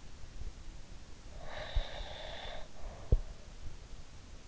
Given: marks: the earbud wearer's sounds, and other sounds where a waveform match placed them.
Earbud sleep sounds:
sounds in sleep by an in-ear microphone; breath
1.40-3.38 s: breath

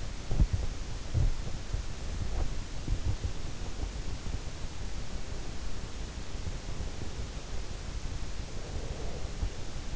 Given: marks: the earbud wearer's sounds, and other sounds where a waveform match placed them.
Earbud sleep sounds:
sounds in sleep by an in-ear microphone; teeth grinding, breath
0.00-3.78 s: teeth grinding
8.27-9.44 s: breath

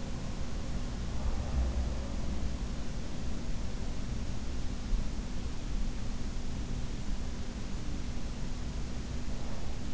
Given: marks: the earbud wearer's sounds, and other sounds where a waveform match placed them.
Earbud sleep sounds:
sounds in sleep by an in-ear microphone; breath
0.00-2.48 s: breath

